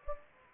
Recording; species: mosquito wingbeat signal from an infrared sensor; Anopheles gambiae